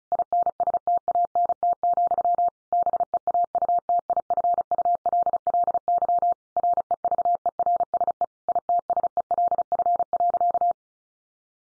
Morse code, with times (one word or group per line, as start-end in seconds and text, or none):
0.1-2.5 INSTANT,
2.7-6.3 BEAUTIFULLY
6.6-8.2 REVERSE
8.5-10.7 ITSELF.